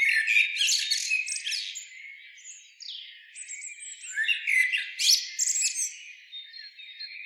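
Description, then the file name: Common blackbird giving rasping, squawky notes in two busy bursts separated by a quieter pause with short thin whistles. "Turdus merula"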